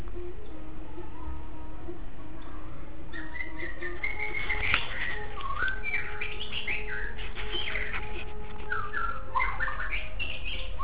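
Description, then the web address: Shama song: after a quiet start, a long stretch of tumbling, varied whistled and chirping notes, continuous and lively, over a low humming background. "shanlung 9 2 song meow 2. shanlung 9 shamasong 2"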